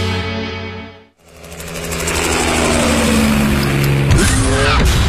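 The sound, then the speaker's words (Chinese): A powerful all-aluminium V8 petrol engine of a sports car with a top speed over 300 km/h hums steadily, cuts out for a moment, then roars back loud and rough, its pitch climbing and shifting as it revs hard for several seconds. “车身线条大胆前卫，配备 V8 引擎，全14驱系统，全铝汽油发动机，最高时速超过每小时300公里。”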